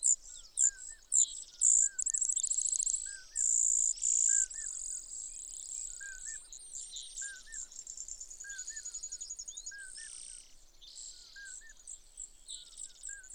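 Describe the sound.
Brewer's sparrow song of high buzzes and trills at shifting speeds. Soft, lower curled notes from another bird repeat in the background.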